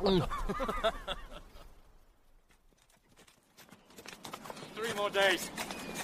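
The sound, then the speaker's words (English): Hooves of horsemen riding with hounds on a far ridge clip-clop in a steady, galloping rhythm that grows louder as they approach, with voices speaking over the start and end. “On the far ridge! Horsemen! And hounds!”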